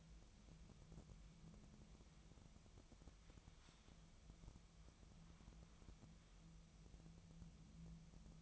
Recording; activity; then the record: daily activity, microphone in the room; wipe stove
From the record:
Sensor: 1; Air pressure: 1004.8 hPa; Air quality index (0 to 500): 81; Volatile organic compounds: 2 ppm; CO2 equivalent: 1092 ppm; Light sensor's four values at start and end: 9/23/9/10 and 9/23/9/10